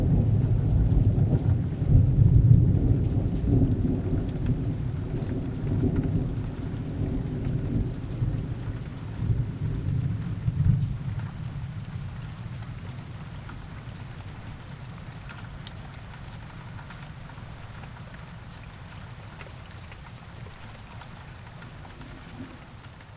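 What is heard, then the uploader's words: Steady rain hisses through the whole clip while a deep roll of thunder rumbles loudest in the first few seconds, peaking around two to three seconds. The rumble fades gradually by about eleven seconds, leaving softer, even rainfall with scattered drop ticks. Rain and Thunder Storm.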